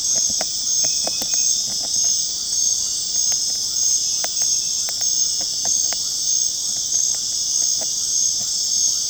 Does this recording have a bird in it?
no